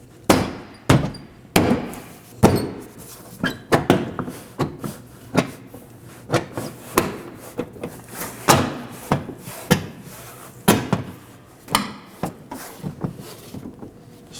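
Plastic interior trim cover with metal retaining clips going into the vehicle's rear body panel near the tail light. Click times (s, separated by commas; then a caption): 0.3 s, 0.9 s, 1.6 s, 7.0 s, 10.7 s, 11.8 s. A plastic interior trim cover with metal retaining clips on its tabs is lined up with the latch and pressed down at each corner into the rear body panel near the tail light of a 2014–2018 Chevrolet Equinox. Sharp snapping clicks sound at 0.3, 0.9, 1.6, 7.0, 10.7 and 11.8 seconds among softer knocks and thumps as the clips snap into place. The panel is worked along until it is fully seated and secure.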